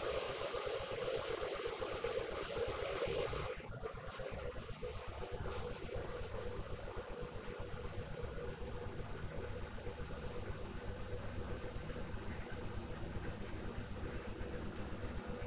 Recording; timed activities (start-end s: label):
household activities, microphone on the right wrist
0.00-15.46 s: making tea